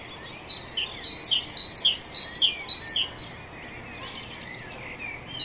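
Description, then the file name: Great tit song of repeated clear two-note phrases, high-low, high-low, for a few seconds, then quiet with a faint, thin high whistle. "Parus major"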